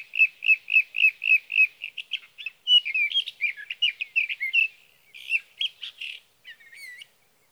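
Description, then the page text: Sage thrasher singing, opening with a steady series of about seven repeated identical notes, then breaking into a rapid varied warble with scattered higher notes. Male singing through the night near his night roost, Sierra Valley, California, evening of June 12 to morning of June 15, 2018; recorded with a Swift recorder. "61. Sage thrasher songs, through the night. For three nights, from the evening of June 12 to the morning of June 15, 2018, in Sierra Valley, California, I placed a Swift recorder near a male's night roost."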